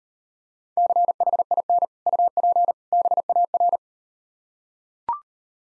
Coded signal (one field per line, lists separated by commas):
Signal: Morse code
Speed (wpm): 39 wpm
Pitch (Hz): 700 Hz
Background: none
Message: CHIN UP BAR